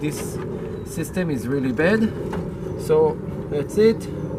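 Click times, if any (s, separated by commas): none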